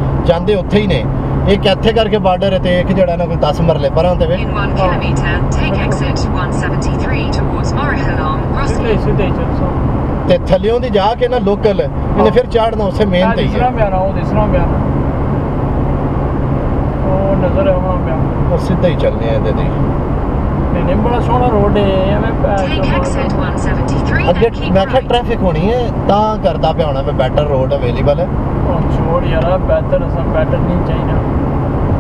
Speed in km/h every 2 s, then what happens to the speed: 122, 124, 124, 126, 126, 126, 127, 127, 129, 129, 129, 129, 127, 127, 127, 129.
0-32 steady at about 127.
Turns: none.